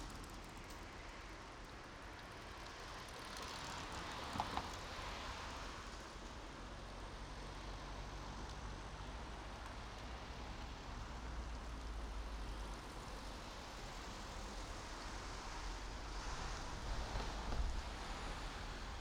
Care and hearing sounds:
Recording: everyday scene through a hearing-aid microphone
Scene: in traffic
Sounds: traffic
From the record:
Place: main road on the outskirts, rush hour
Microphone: in the ear canal, right

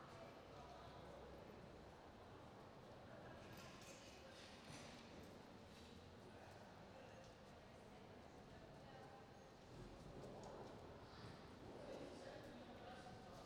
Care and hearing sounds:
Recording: everyday scene through a hearing-aid microphone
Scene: reverberant space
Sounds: background noise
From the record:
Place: railway station hall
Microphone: in the ear canal, right

